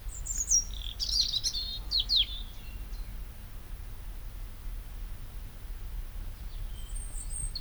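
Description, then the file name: European robin delivering a rapid, high, squeaky phrase with descending slurred notes early on, then near quiet with a faint thin note at the end. "Erithacus rubecula"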